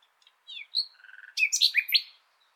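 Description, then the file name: Common nightingale song: a short varied phrase of high sweeping notes, a soft buzzy trill, then a quick run of loud chirps sliding up and down. "Luscinia megarhynchos"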